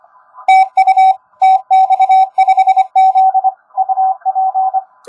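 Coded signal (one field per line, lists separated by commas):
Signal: Morse code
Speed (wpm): 25 wpm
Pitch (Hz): 760 Hz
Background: none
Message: TU TX5Z UP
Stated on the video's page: 10 m CW contact with a DX station on Austral Island, 5 W QRP from an Index Labs QRP+, 3-element quad at 38 ft, Bencher paddle; strong signals, QSB.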